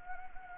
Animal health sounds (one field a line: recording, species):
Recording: mosquito wingbeat signal from an infrared sensor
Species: Anopheles gambiae